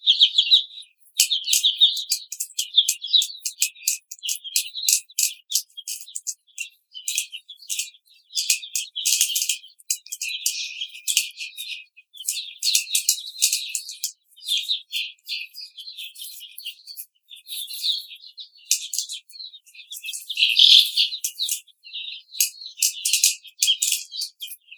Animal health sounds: young laying hens in a cage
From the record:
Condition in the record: treatment cage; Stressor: simulated dog barking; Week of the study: 5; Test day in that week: 1

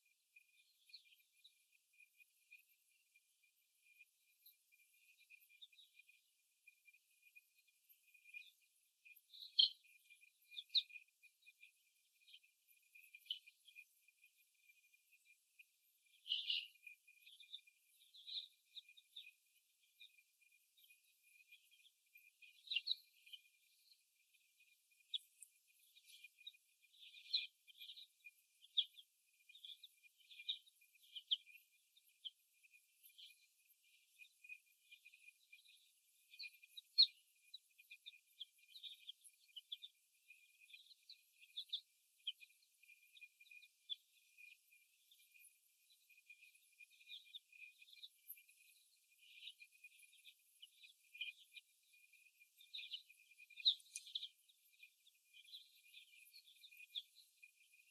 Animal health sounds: young laying hens in a cage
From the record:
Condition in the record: before the stressor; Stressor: simulated dog barking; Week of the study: 1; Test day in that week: 1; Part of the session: 3

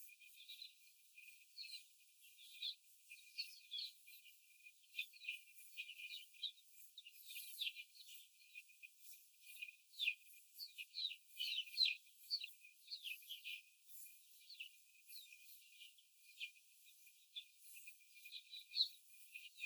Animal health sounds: young laying hens in a cage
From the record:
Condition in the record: before the stressor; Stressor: simulated dog barking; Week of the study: 4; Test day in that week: 1

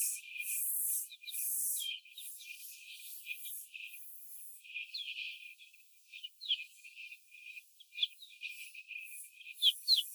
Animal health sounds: young laying hens in a cage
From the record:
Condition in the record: before the stressor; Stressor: simulated dog barking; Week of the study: 4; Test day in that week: 2

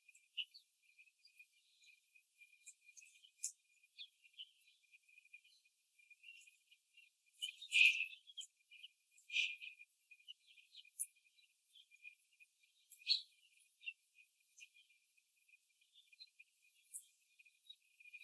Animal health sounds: young laying hens in a cage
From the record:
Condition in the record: before the stressor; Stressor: simulated dog barking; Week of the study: 3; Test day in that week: 2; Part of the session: 3

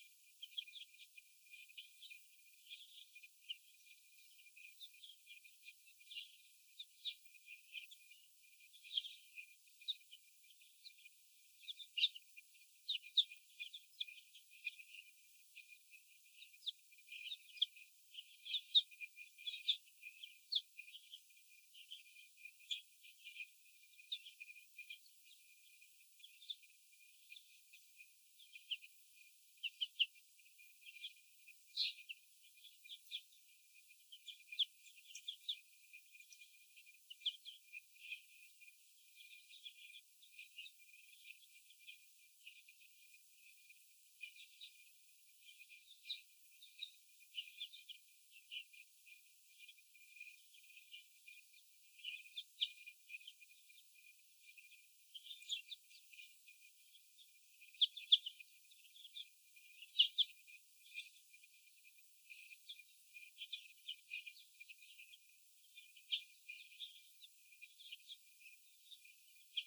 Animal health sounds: young laying hens in a cage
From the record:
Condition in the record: after the stressor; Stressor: sudden umbrella opening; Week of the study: 2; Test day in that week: 1

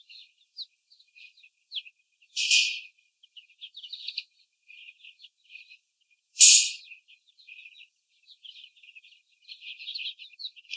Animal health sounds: young laying hens in a cage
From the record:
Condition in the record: after the stressor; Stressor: sudden umbrella opening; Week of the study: 3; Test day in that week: 2

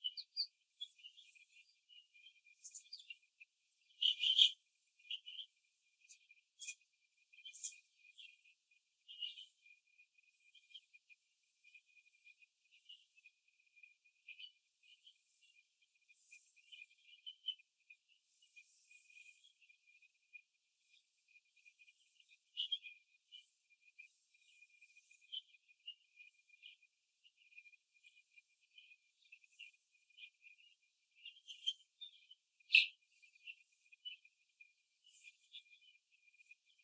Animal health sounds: young laying hens in a cage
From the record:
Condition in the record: after the stressor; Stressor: simulated dog barking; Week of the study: 2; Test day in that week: 2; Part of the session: 2

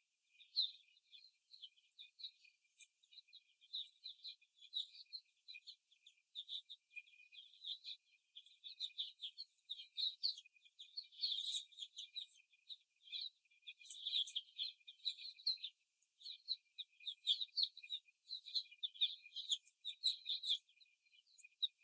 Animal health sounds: young laying hens in a cage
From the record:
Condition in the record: before the stressor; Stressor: simulated dog barking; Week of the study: 1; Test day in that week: 2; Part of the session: 2

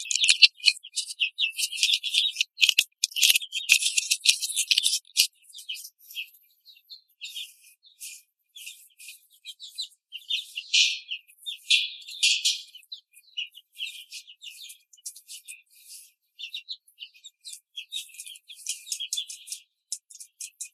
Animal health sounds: young laying hens in a cage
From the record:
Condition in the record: control cage, after the stress test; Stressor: none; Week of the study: 4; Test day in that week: 3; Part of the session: 1

